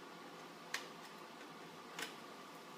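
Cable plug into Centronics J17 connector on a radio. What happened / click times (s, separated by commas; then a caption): The connector is being handled but has not seated yet / none. A Northcomm Quantar cable plug is being slid onto the Centronics J17 connector on a radio, with two short handling ticks around 0.7 s and 2.0 s over a steady low hiss. Nothing has seated or snapped home yet.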